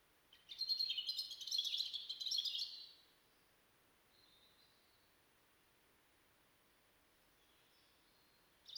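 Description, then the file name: European robin song: a rapid, scratchy high trill lasting over two seconds, followed by near-silence broken by a few faint thin notes. "Erithacus rubecula"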